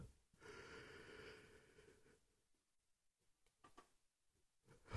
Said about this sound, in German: So, jetzt nochmal versuchen, nochmal einmal zu gähnen.